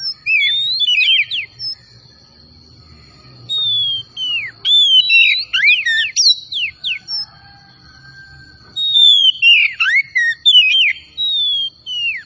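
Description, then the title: Oriental magpie-robin singing sharp downslurred whistles in bursts separated by short quiet spells, a faint steady high tone persisting. Singing vigorously (gacor); bird labelled Tretes. "Kacer Tretes"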